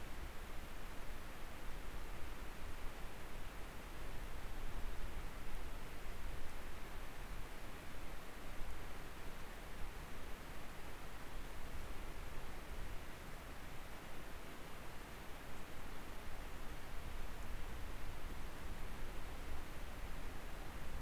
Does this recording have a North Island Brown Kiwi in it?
no